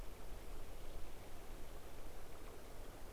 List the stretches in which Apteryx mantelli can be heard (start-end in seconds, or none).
none